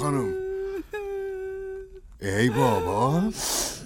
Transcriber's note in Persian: صدای گریه می آید